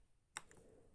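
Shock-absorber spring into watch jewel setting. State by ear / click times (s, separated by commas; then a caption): not seated / none. A small metal KIF/Diashock shock-absorber spring is being refitted into the jewel setting of a watch movement by pushing gently and twisting with a pegwood stick. A sharp small tick sounds at about 0.4 s and a fainter one at about 0.5 s over quiet background noise. The attempt misses and the spring fails to lock, so nothing has seated or clicked into place yet.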